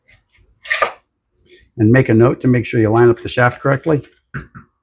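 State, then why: Seated. A string trimmer's drive shaft is pushed back into its engine housing and clutch and turned back and forth until it lines up, then clicks into place at 0.7 seconds and slides in a bit further. A short rasping rub comes just before the click, followed by someone talking.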